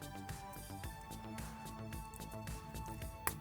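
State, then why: Seated. A plastic rifle accessory is clipped into the arm of a transforming robot action figure while music plays in the background. A few small handling taps are heard, then a sharp little snap at 3.3 s as the rifle locks into place and the figure is holding it.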